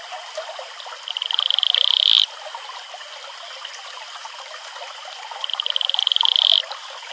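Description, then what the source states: Atelopus franciscus producing two buzzy, high-pitched pulsed trills that build in loudness and cut off sharply, set against continuous babbling stream noise. Male advertisement call.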